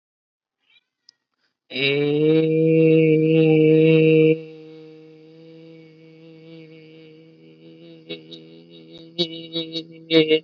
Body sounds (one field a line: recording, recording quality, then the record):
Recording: sustained vowel as in made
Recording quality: excellent, no background noise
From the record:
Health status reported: healthy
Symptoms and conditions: none ticked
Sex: male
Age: 20 years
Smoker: not ticked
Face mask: not worn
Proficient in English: yes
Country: India